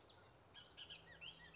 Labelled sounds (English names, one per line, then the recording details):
Bullock's Oriole
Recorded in Sonoma County, California